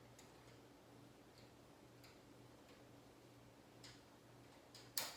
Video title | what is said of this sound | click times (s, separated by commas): How to adjust the attention on your 15 needle embroidery machine, and thing to look at. | listen for the click so that you know you have that bomb in there | 5.0 s